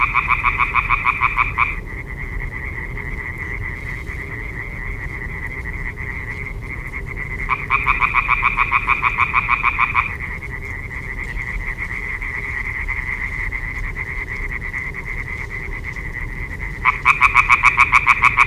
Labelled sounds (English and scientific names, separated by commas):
Common Tree Frog (Hyla arborea) call